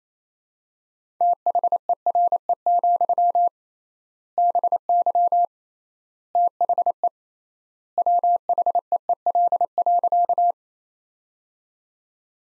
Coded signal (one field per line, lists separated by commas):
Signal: Morse code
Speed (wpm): 28 wpm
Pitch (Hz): 700 Hz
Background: none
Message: THERE, BY THE WHEEL.